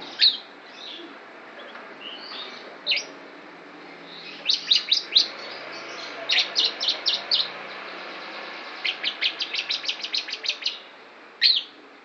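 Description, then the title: Lovebird singing spaced high chirps with pauses, then quick runs of clipped notes, over a steady background hiss. Lovebird imitating the song of the Javan prinia, locally called ciblek. "Lovebird Suara Ciblek"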